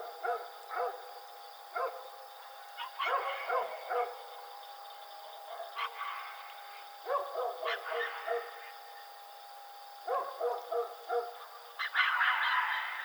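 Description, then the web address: Coyote gives clusters of fast yips and wavering yelps in bursts every second or two, ending in a loud noisy burst. Recorded 4 April 2006. "Coyote 2006 04 04 howl"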